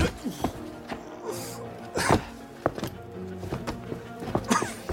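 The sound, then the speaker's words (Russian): A dull punch to the stomach lands with a grunt, followed by a heavy thud of a body hitting the floor and a few scuffing knocks, over a low sustained tonal hum. “получает удар в живот, падает на пол.”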